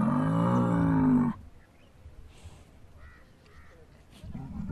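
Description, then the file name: Bull bellowing loudly and deeply, followed by quiet background chirps and the start of another low bellow at the end. "Bullbellow"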